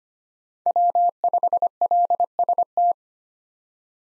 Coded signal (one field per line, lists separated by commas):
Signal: Morse code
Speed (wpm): 25 wpm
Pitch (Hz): 700 Hz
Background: none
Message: W5LST